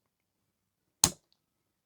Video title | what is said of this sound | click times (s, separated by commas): Dealing with E-Waste! Testing LG & NEC VCR/VHS Players. How to Clean & Fix Mode Switch Problems | Should click into position. There we go. | 1.0 s